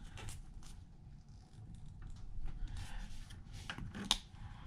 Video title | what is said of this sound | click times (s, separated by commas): Wiring 12 Volt Power Outlets In OFF GRID Tiny Log Cabin...Build Part 41 | you're supposed to pinch this until they click there | 4.1 s